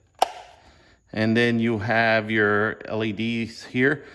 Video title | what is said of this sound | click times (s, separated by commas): DeWalt Xtreme 12v Screwdriver - DCF601F2 | Click. Okay? Push it in, click. | 0.2 s